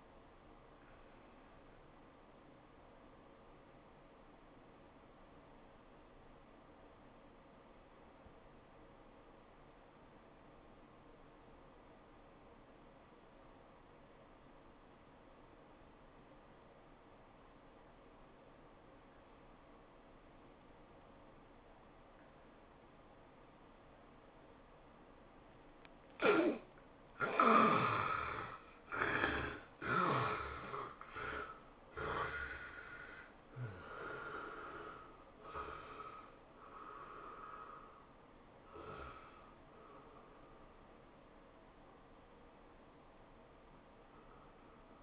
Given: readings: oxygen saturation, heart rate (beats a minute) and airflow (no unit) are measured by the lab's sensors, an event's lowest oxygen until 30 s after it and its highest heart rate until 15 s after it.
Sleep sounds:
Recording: breathing in sleep by a voice recorder at the bedside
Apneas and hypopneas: 1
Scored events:
7.00-27.90 s: obstructive apnea (N1, oxygen 91% highest, then 69% lowest, heart rate 78 at the start, 104 highest)
From the record:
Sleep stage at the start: N1 (lightest sleep)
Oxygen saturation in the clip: 69 to 91%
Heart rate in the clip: 70 to 104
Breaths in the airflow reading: 6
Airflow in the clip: -17.0 to 12.2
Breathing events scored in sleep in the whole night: 403 in 5.5 hours asleep

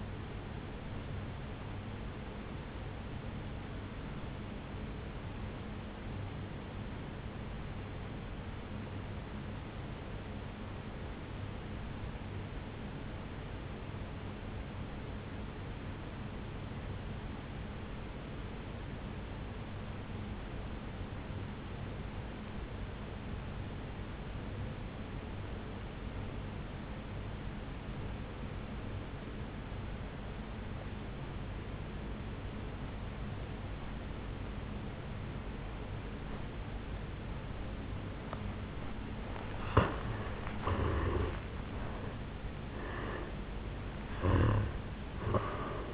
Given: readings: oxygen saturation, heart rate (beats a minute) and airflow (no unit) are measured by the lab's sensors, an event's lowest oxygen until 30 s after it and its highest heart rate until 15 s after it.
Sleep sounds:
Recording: breathing in sleep by a voice recorder at the bedside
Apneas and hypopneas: 1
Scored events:
6.00-41.00 s: obstructive apnea (N2, oxygen 97% highest, then 81% lowest, heart rate 53 at the start, 78 highest)
36.00-45.94 s: new sleep stage, N1 (lightest sleep)
From the record:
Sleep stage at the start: N2 (light sleep)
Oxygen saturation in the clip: 82 to 97%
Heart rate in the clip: 52 to 74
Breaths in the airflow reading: 4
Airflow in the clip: -11.1 to 8.3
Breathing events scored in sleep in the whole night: 449 in 7.0 hours asleep

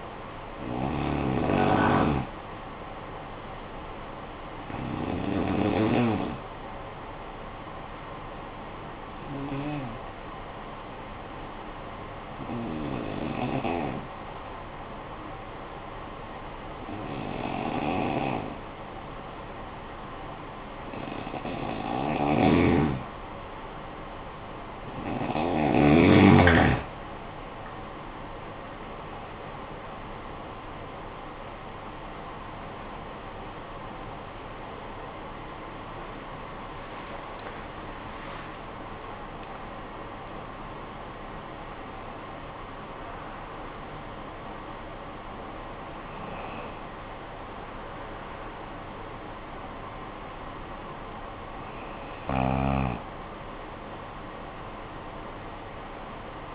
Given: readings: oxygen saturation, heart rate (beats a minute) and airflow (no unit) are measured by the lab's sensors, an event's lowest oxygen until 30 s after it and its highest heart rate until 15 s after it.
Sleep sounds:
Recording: breathing in sleep by a voice recorder at the bedside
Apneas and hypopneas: 1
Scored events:
1.00-31.00 s: new sleep stage, N2 (light sleep)
11.00-26.30 s: hypopnea (N2, oxygen 95% highest, then 87% lowest, heart rate 51 at the start, 84 highest)
31.00-56.55 s: new sleep stage, N1 (lightest sleep)
From the record:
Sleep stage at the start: N1 (lightest sleep)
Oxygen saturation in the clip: 87 to 95%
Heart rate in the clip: 51 to 86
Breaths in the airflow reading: 13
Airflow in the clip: -11.4 to 13.4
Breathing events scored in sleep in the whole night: 445 in 7.6 hours asleep

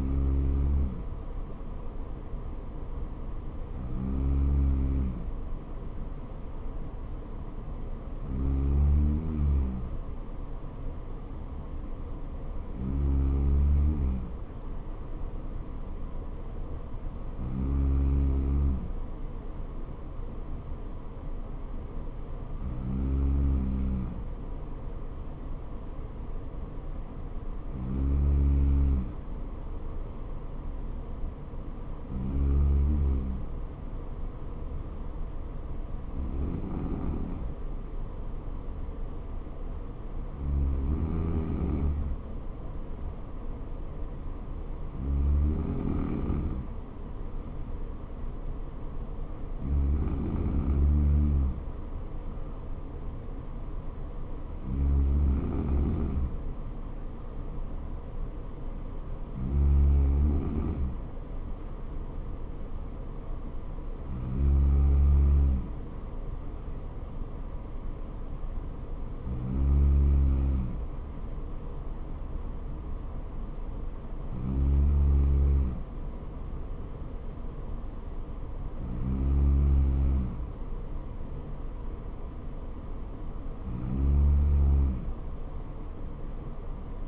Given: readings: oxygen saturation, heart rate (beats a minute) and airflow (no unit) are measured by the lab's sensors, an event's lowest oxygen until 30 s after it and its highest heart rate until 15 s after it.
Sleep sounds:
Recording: breathing in sleep by a smartphone at the bedside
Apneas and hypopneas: none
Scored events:
16.00-46.00 s: new sleep stage, N2 (light sleep)
46.00-87.08 s: new sleep stage, N3 (deep sleep)
From the record:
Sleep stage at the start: N3 (deep sleep)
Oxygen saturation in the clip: 94 to 95%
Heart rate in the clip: 60 to 64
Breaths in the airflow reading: 18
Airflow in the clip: -4.1 to 3.0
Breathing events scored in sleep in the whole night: 79 in 6.3 hours asleep

